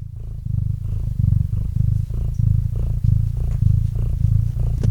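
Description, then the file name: Purring cat, a low rumble in short breath-paced bursts. Domestic cat named Murchik purring into a microphone. "Kot Murchik - Murchanie kota kot murchal v mikrofon"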